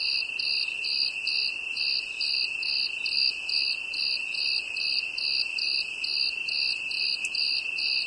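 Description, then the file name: Cricket sings with regular high chirps, about two a second, layered on an unbroken piercing trill; no other sounds stand out. "grillon"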